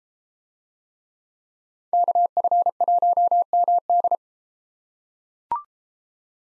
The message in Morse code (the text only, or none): KF1MD